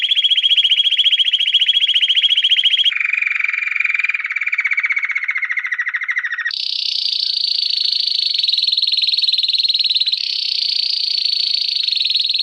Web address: Music Canary Canary Singing